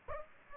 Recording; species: mosquito wingbeat signal from an infrared sensor; Aedes aegypti